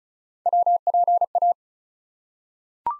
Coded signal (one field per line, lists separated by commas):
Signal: Morse code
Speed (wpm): 36 wpm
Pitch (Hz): 700 Hz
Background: none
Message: WPA